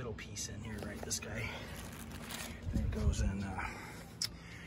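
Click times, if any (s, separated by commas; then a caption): none. Someone talks while pushing a small plastic middle piece, meant to act as a lock, into the plastic door frame of a Suncast BMS2500 storage shed. A brief sharp knock is heard near 4.2 s, but the piece does not snap in, and nothing has seated or clicked yet.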